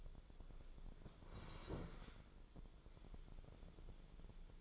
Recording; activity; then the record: daily activity, microphone in the room; sit down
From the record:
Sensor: 5